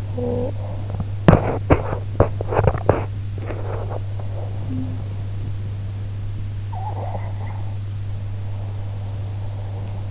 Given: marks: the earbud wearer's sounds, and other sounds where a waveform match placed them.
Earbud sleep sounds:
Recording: sounds in sleep by an in-ear microphone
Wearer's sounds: talking in sleep, teeth grinding, breath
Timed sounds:
0.00-0.89 s: talking in sleep
1.13-4.45 s: teeth grinding
6.31-10.11 s: breath

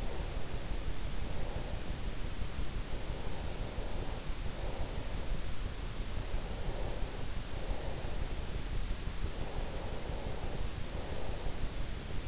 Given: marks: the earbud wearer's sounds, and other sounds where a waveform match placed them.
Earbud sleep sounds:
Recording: sounds in sleep by an in-ear microphone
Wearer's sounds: breath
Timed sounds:
0.00-2.57 s: breath
3.08-5.94 s: breath
6.17-12.28 s: breath

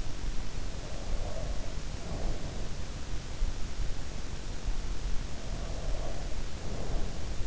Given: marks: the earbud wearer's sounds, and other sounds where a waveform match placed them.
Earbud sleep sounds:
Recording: sounds in sleep by an in-ear microphone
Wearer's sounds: breath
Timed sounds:
0.52-2.72 s: breath
5.11-7.47 s: breath

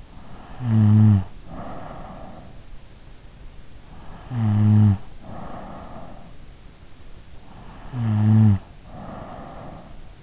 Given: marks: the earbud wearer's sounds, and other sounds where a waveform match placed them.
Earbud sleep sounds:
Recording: sounds in sleep by an in-ear microphone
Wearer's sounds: snoring breath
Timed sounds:
0.00-2.92 s: snoring breath
3.78-6.41 s: snoring breath
7.72-10.23 s: snoring breath

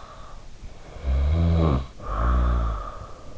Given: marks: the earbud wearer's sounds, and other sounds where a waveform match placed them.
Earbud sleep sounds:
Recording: sounds in sleep by an in-ear microphone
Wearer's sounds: snoring breath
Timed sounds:
0.36-3.38 s: snoring breath

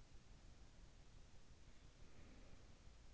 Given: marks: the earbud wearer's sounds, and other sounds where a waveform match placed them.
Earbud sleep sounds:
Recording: sounds in sleep by an in-ear microphone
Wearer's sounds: breath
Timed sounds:
0.16-3.02 s: breath

